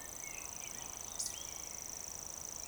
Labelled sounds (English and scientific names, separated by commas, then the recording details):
Eurasian Woodcock (Scolopax rusticola) whistle
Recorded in Baden-Württemberg, Germany, on 12 June 2020 at 19:34 UTC
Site 43791, 788 m above sea level